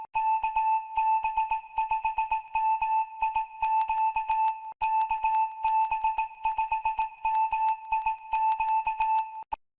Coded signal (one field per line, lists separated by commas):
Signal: Morse code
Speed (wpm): 19 wpm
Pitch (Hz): 880 Hz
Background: music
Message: KB5MIQ KB5MIQ